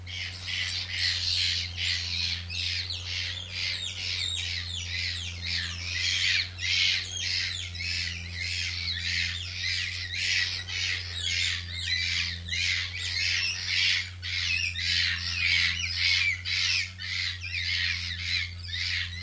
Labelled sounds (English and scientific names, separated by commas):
Tufted Capuchin (Cebus apella) aggressive call